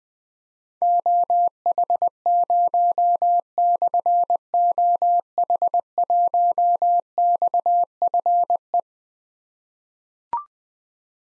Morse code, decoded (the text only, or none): OH0/OH1XFE